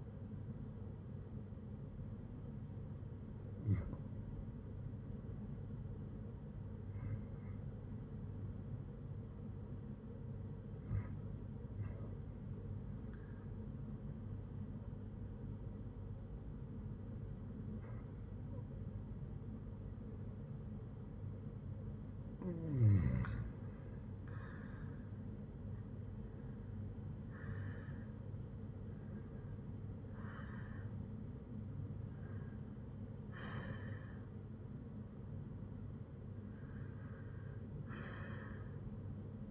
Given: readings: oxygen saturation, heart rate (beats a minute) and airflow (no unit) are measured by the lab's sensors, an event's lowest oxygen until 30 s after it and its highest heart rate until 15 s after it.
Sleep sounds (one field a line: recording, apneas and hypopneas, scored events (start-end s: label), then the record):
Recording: breathing in sleep by a smartphone at the bedside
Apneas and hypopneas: 1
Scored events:
3.00-25.50 s: hypopnea (REM, oxygen 97% highest, then 92% lowest, heart rate 67 at the start, 81 highest)
From the record:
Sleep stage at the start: REM sleep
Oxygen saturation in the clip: 95 to 97%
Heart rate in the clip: 60 to 81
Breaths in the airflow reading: 9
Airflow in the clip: -8.3 to 7.3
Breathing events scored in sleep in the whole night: 182 in 7.4 hours asleep